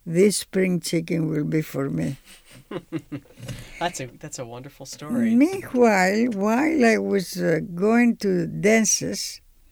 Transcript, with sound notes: "This spring chicken will be for me." ( they laugh )
That's a wonderful story.
Meanwhile, while I was going to dances,